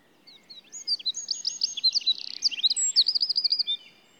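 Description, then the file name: Eurasian wren song: quick, piercing notes run together into a buzzy rattle and a fast trill, over a soft, low background hiss. "Troglodytes troglodytes"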